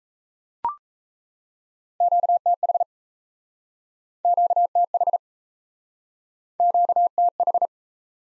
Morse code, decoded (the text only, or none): QTH QTH QTH